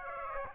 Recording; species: mosquito wingbeat signal from an infrared sensor; Aedes aegypti